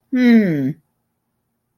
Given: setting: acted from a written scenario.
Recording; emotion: vocal sound without words; contempt